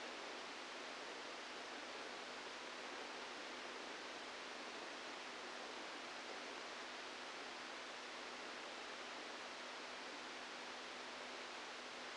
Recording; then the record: brain microelectrode recording played as sound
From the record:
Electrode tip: inside the subthalamic nucleus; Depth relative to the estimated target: -2 mm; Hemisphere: left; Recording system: NeuroSet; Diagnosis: Parkinson's disease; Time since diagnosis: 17 years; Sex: male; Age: 64 years